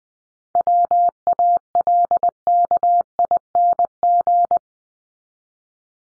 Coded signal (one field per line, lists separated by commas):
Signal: Morse code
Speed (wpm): 20 wpm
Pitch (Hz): 700 Hz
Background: none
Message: WALKING